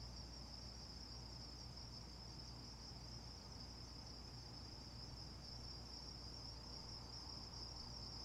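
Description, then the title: Insect chorus of continuous shrill trilling that holds one pitch throughout, over a deep droning hum. Recorded before dawn in Carefree, Arizona, with the low thrum of air conditioners. "Carefree Arizona, Predawn insects, the occasional car and Coyote"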